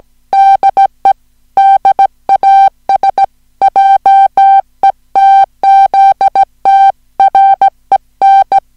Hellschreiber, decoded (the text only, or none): none